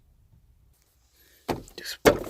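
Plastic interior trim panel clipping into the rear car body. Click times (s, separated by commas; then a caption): 1.5 s, 2.1 s. A rear interior trim panel in a Mustang, near the rear speaker area, is pressed back into its clips on the rear car body after the rear seat removal. After a near-silent start, a sharp snap lands at 1.5 s, followed by a brief rustle and a second, louder snap at 2.1 s as the panel seats back into place.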